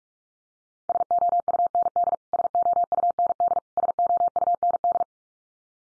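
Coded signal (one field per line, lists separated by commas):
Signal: Morse code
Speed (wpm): 44 wpm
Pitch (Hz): 700 Hz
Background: none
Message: SOUND SOUND SOUND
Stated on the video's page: Morse drill of the 100 most common English words at 45 wpm, each sent three times, spoken, then sent again for head-copy.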